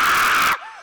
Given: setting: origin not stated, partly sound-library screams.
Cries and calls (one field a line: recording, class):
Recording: one-second piece from a danger detection set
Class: woman in danger